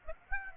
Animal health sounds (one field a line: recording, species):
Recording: mosquito wingbeat signal from an infrared sensor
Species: Aedes aegypti